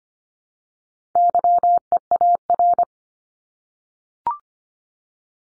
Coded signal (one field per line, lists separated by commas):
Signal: Morse code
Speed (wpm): 25 wpm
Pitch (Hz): 700 Hz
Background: none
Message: YEAR